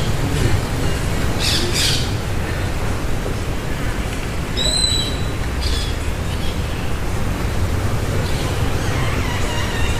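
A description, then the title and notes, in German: Birds sing their evening songs over a steady low rumble that fills the whole clip. Short bright chirps and squawks pop up now and then, notably around two seconds and a sharp whistled call near five seconds, with fainter twittering later. Abendstimmung am Pazifik.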